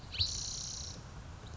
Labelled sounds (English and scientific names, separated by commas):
Spotted Towhee (Pipilo maculatus)